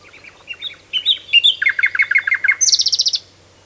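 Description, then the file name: Common nightingale song phrase: soft opening notes building into a fast rattling series, ending in a high rapid trill. "Luscinia megarhynchos"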